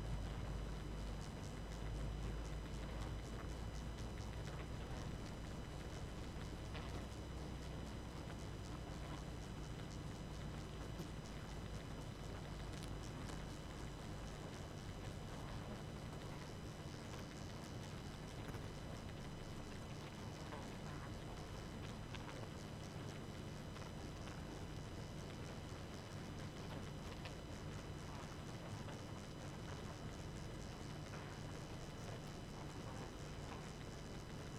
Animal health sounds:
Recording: honeybee colony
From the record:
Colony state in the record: active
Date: 12 June 2018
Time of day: 22:35

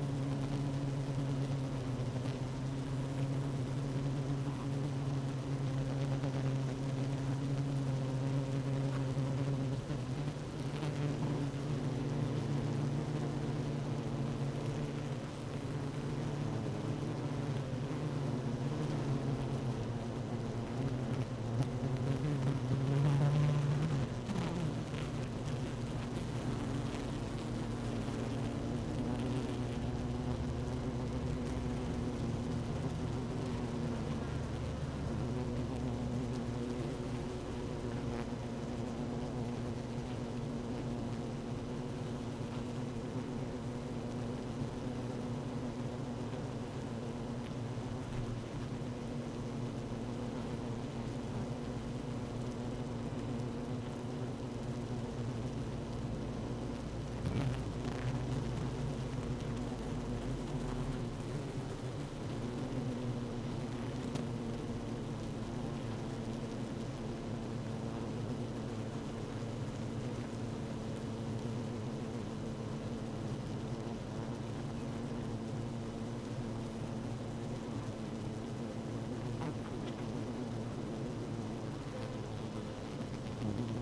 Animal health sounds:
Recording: honeybee colony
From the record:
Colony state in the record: active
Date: 12 June 2018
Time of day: 15:50

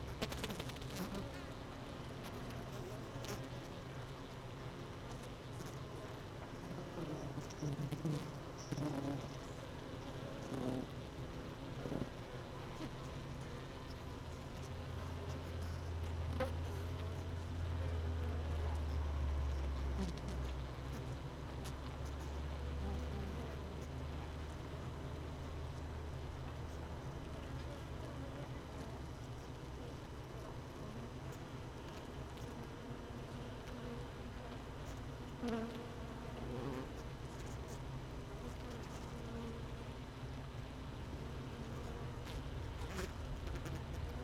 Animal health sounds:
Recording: honeybee colony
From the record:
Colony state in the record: missing queen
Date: 31 May 2018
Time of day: 17:06

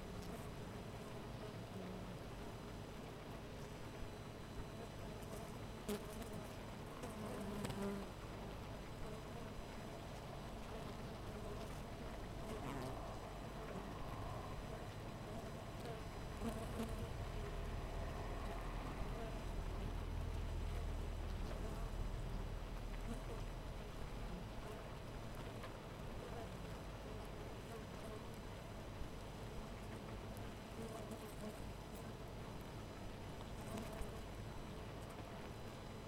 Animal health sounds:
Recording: honeybee colony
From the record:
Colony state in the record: missing queen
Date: 14 July 2017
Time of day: 5:50

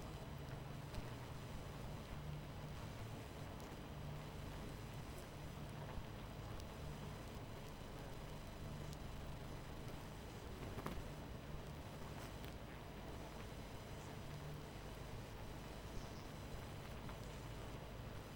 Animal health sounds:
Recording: honeybee colony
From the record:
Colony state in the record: missing queen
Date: 14 July 2017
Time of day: 22:50

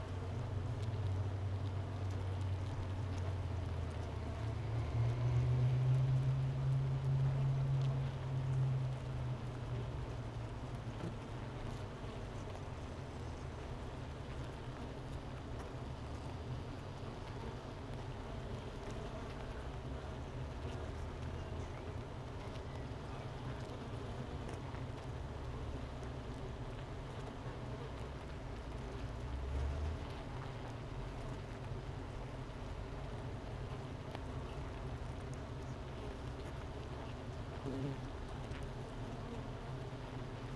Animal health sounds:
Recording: honeybee colony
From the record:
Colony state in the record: missing queen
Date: 31 May 2018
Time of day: 11:27

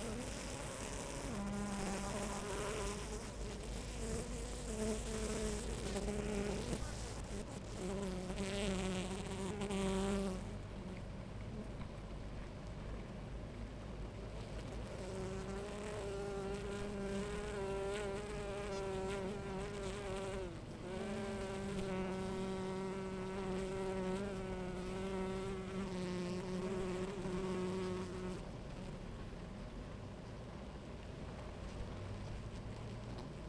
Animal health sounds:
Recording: honeybee colony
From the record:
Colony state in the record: active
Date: 28 July 2017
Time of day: 11:46

